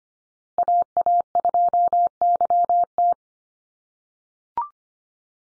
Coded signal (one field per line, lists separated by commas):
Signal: Morse code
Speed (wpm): 25 wpm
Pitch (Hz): 700 Hz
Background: none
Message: AA2YT